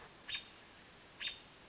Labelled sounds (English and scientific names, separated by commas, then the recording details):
American Robin (Turdus migratorius)
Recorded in Sonoma County, California